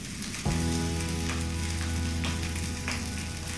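Breakfast sizzles in a frying pan as a roadie cooks it while a band plays, with a steady, hissing crackle throughout, and a low, sustained humming tone joins in after about half a second and holds to the end.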